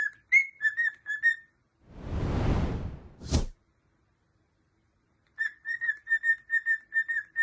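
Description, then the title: Cockatiel whistling rapid short notes, broken by a loud rushing whoosh and a knock, before quick even whistles return. Several cockatiels singing and whistling. "Calopsitas Cantando Assobio"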